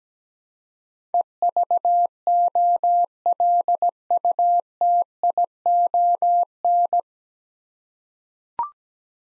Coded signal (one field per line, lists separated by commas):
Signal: Morse code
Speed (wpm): 17 wpm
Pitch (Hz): 700 Hz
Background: none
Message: EVOLUTION